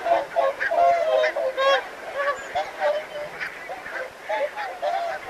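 Whooper swans bugling, a loud cluster of trumpeting notes at the start, then softer scattered honks from the flock.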